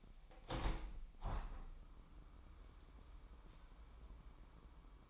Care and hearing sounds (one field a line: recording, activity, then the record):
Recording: daily activity, microphone in the room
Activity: open window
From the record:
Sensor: 1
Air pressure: 998.6 hPa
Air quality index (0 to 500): 131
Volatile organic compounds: 4 ppm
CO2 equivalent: 1574 ppm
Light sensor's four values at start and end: 9/22/9/11 and 9/23/9/11